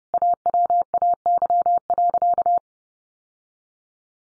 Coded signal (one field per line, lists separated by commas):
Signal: Morse code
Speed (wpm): 30 wpm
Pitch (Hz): 700 Hz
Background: none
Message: AWAY.